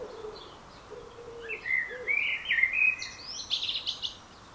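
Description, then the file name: Common blackbird singing one mellow warbled phrase that ends in a high scratchy twitter, with low soft cooing notes from another bird at the start. "Turdus merula"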